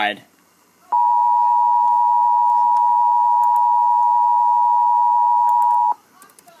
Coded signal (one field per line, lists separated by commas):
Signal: Emergency Alert System (SAME) tones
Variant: 853 and 960 Hz attention tone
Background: speech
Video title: EAS 450 FFW NWS Memphis